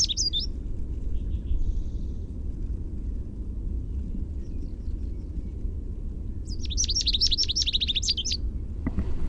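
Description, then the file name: American goldfinch song: a brief twittering note at the start, then a rapid jumbled series of high twitters and warbles near the end, over steady low rumbling background noise. "AMGO song"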